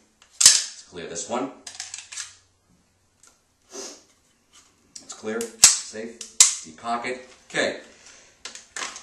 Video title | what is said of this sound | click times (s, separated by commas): Buying a holster 101 What's should you consider | fits down into the holster it locks into place | 8.8 s